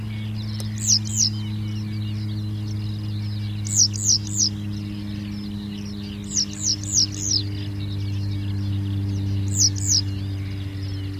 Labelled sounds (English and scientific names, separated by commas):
Western Yellow Wagtail (Motacilla flava)